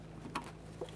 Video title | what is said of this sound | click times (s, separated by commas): How to Replace Vapor Canister Vent Solenoid 2002-2009 Chevrolet Trailblazer | got a nice click from that one | 0.4 s